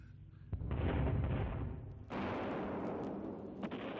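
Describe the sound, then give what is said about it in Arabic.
Heavy cannon fire from Sergeant Mohamed's gun shooting down planes: a sharp blast at about half a second rolls into a loud, sustained rumble. A second burst follows at two seconds and stays dense and roaring, with a few sharp cracks near the end. “الشويش محمد الغنوة الحلوة اللي بيقولها بالمدفع بتاعه.”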